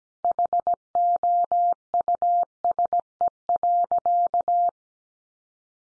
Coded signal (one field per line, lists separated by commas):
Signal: Morse code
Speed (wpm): 17 wpm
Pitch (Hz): 700 Hz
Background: none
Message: HOUSE.